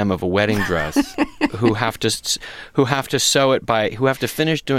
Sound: laughter

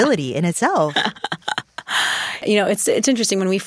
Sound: laughter

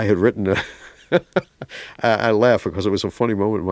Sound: laughter

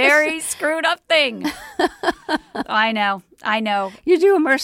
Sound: laughter

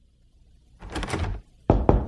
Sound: soundbite of doorknob rattling; soundbite of knocking

